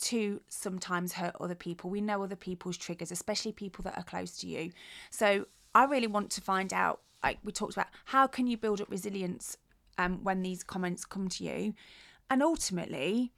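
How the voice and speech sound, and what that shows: A woman speaks in a relaxed, conversational voice at a moderate pitch, with natural intonation and brief pauses between phrases. Her articulation is clear and fluent, with no hoarseness, slurring or stuttering, consistent with typical adult speech in a quiet room.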